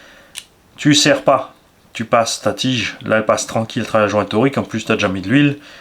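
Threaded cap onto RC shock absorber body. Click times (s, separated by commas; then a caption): 0.4 s. A threaded cap on a plastic RC car shock absorber body from a Tamiya BBX kit is turned counter-clockwise until the thread drops into place with a small click at 0.4 s, after which it can be screwed on. Someone talks over most of the rest of the clip.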